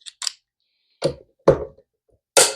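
A torque wrench goes back over each scope ring screw on a rifle scope mount to confirm it clicks at the set torque. A few faint ticks and two duller knocks around 1.0 and 1.5 s lead to a sharp, loud click at 2.4 s. The wrench reaches torque on the rechecked screw, confirming it is set.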